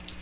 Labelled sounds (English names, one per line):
Magnolia Warbler flight call